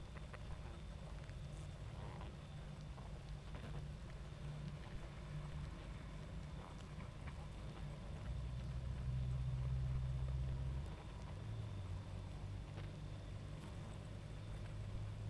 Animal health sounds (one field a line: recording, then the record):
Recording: honeybee colony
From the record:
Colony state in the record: active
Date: 28 July 2017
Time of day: 22:30